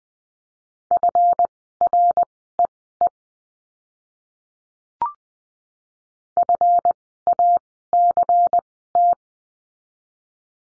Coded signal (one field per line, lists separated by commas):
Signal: Morse code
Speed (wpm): 20 wpm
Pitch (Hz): 700 Hz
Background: none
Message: FREE FACT